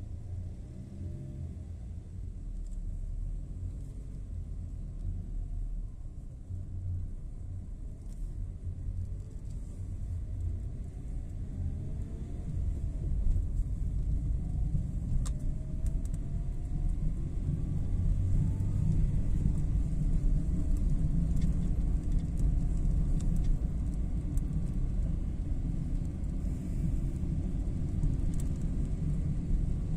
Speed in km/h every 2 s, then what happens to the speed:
3, 4, 5, 8, 11, 16, 20, 27, 34, 38, 43, 45, 45, 45, 46.
0-19 speeds up to 43. 19-30 steady at about 45.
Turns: none.